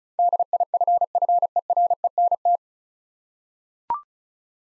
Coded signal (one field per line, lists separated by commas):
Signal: Morse code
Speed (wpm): 36 wpm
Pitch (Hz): 700 Hz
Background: none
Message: DIFFERENT